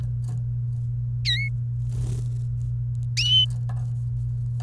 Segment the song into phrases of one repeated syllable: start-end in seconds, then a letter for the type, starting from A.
1.25-1.49 A